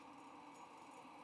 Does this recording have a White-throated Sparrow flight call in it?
no